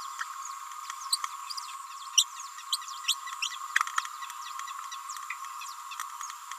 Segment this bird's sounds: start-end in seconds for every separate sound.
1.12-1.17, 2.17-2.25, 2.72-2.78, 3.08-3.15, 3.42-3.50